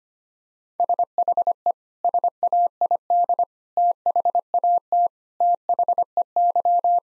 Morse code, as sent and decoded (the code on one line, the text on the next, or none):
... .... . / ... .- .. -.. / - .... .- - / - .... . -.--
SHE SAID THAT THEY